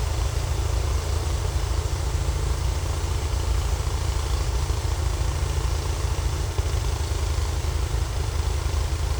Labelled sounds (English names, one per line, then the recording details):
none
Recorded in secondary vegetation near Puerto Asís, Putumayo, Colombia, on 18 December 2024 at 09:30
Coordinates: 0.468, -76.324
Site G095